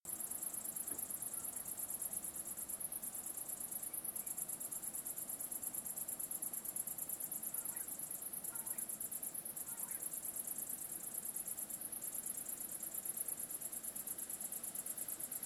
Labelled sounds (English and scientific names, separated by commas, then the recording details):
unidentified animal sound, Common Quail (Coturnix coturnix)
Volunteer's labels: Autre biophonie insectes
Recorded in France